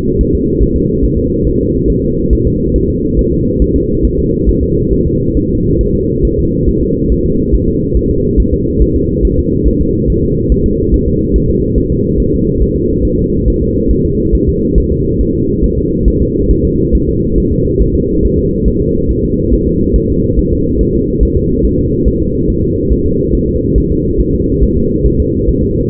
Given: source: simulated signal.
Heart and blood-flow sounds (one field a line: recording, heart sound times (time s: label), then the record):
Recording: fetal heart sounds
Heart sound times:
0.21 s: S1
0.35 s: S2
0.62 s: S1
0.77 s: S2
1.04 s: S1
1.18 s: S2
1.47 s: S1
1.61 s: S2
1.90 s: S1
2.04 s: S2
2.33 s: S1
2.47 s: S2
2.76 s: S1
2.90 s: S2
3.19 s: S1
3.33 s: S2
3.62 s: S1
3.76 s: S2
4.05 s: S1
4.19 s: S2
4.49 s: S1
4.63 s: S2
4.93 s: S1
5.07 s: S2
5.37 s: S1
5.51 s: S2
5.81 s: S1
5.95 s: S2
6.25 s: S1
6.39 s: S2
6.69 s: S1
6.83 s: S2
7.12 s: S1
7.26 s: S2
7.55 s: S1
7.69 s: S2
7.97 s: S1
8.11 s: S2
8.40 s: S1
8.54 s: S2
8.82 s: S1
8.96 s: S2
9.25 s: S1
9.39 s: S2
9.68 s: S1
9.82 s: S2
10.10 s: S1
10.24 s: S2
10.52 s: S1
10.66 s: S2
10.94 s: S1
11.08 s: S2
11.36 s: S1
11.50 s: S2
11.78 s: S1
11.92 s: S2
12.20 s: S1
12.34 s: S2
12.62 s: S1
12.76 s: S2
13.05 s: S1
13.19 s: S2
13.48 s: S1
13.62 s: S2
13.91 s: S1
14.05 s: S2
14.35 s: S1
14.49 s: S2
14.78 s: S1
14.92 s: S2
15.21 s: S1
15.35 s: S2
15.64 s: S1
15.78 s: S2
16.08 s: S1
16.22 s: S2
16.51 s: S1
16.65 s: S2
16.95 s: S1
17.09 s: S2
17.38 s: S1
17.52 s: S2
17.82 s: S1
17.96 s: S2
18.25 s: S1
18.39 s: S2
18.68 s: S1
18.82 s: S2
19.11 s: S1
19.25 s: S2
19.54 s: S1
19.68 s: S2
19.96 s: S1
20.10 s: S2
20.39 s: S1
20.53 s: S2
20.81 s: S1
20.95 s: S2
21.23 s: S1
21.37 s: S2
21.65 s: S1
21.79 s: S2
22.08 s: S1
22.22 s: S2
22.50 s: S1
22.64 s: S2
22.93 s: S1
23.07 s: S2
23.35 s: S1
23.49 s: S2
23.78 s: S1
23.92 s: S2
24.21 s: S1
24.35 s: S2
24.63 s: S1
24.77 s: S2
25.06 s: S1
25.20 s: S2
25.49 s: S1
25.63 s: S2
From the record:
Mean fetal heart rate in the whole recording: 140 bpm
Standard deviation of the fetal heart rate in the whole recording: 2 bpm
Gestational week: 34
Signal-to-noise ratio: -10.2 dB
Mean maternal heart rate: 72 bpm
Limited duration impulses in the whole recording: present